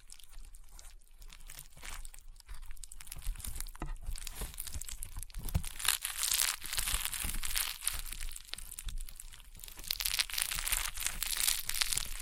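Rainbow honeycomb slime being squeezed gives dense, continuous crunching and crackling, full of tiny bright pops layered over one another. The texture stays busy throughout, swelling louder after the midpoint, with a few sharper pops standing out around the four, five-and-a-half and ten second marks.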